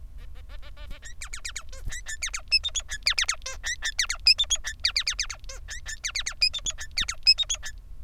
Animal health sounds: song of a male Bengalese finch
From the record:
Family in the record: son of father 3

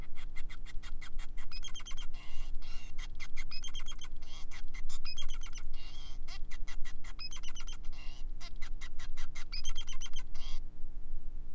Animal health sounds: song of a male Bengalese finch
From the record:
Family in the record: son of father 5

